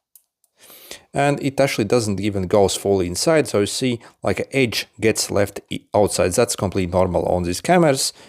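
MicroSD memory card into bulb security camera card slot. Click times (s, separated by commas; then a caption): 0.2 s. A microSD memory card is pushed into the card slot of a light-bulb security camera and clicks in at 0.2 s. Then someone talks. The card is seated with an edge still sticking out of the slot, which is normal for this camera.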